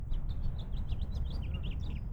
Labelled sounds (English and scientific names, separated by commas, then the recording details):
House Finch (Haemorhous mexicanus) song
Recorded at North Valley Stream on Long Island, New York, on 17 June 1975
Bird D